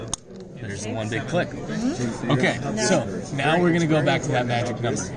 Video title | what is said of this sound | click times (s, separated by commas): Manta device for Vascular Closure for Impella and TAVR procedures | right so then we're you know arrow to arrow you're gonna either here one big clip or two little clicks | 0.1 s, 0.4 s